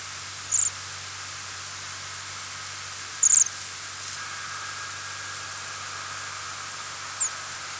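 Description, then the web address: Bohemian waxwing giving three very high, thin, brief calls spread over several seconds, over a steady background hiss. "waxwings"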